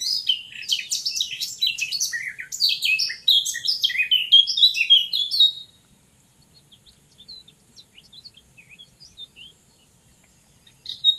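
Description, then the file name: Eurasian blackcap singing a rapid, jumbled warble of high chattering and fluty notes for about six seconds, followed by quiet and scattered faint notes. "Sylvia atricapilla"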